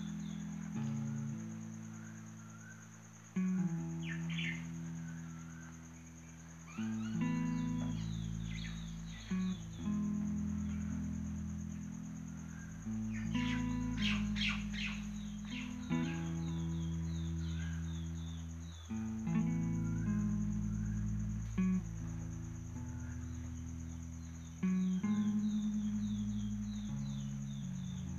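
A bird sings in short bright chirps and trills, busiest around the middle, set against loud, deep sustained tones that shift in blocks every few seconds. A thin, steady high whine, like an insect, runs underneath the whole time.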